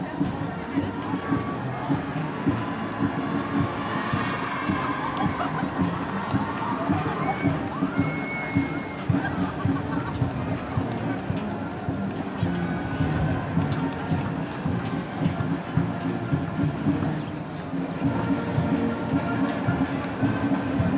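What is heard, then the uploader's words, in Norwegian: A jubilant children's parade with a band fills all 21 seconds with a dense, steady wash of crowd sound: children cheering and chattering over one another without pause. Brief brighter tones, like a short whistle or horn note near eight seconds, poke through the constant murmur. Lyden av jublende barnetog og korps på 17.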